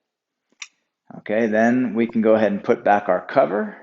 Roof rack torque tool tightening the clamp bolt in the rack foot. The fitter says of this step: And as I tighten, this handle will click, and that indicates it's been fully tightened.